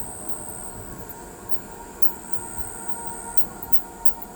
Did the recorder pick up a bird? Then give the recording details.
no. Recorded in pastures near Pivijay, Magdalena, Colombia, on 17 April 2023 at 19:30. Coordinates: 10.456, -74.369. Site P6-G026